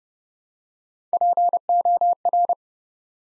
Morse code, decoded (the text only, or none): POR